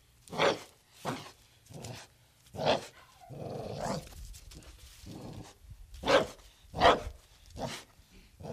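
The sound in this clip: Pit bull barking sharply, several barks at uneven spacing, with a longer rough growl in the middle of the sequence.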